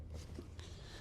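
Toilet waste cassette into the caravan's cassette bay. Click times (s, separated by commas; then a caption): 0.6 s. A caravan toilet waste cassette is slid along its track into its bay and pushed in until it drops down and locks. Over a steady low hum, a faint, short click is heard at 0.6 s as the cassette seats and locks in place.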